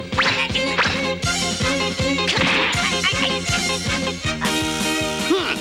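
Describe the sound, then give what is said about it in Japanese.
A rapid, steady barrage of punching impacts from a fight scene in the Dragon Ball anime thuds out in quick succession, each hit sharp and punchy, layered over loud, busy dramatic music with no one speaking. “こんなハエが止まるようなパンチで俺を倒せるとでも思ってるのか。”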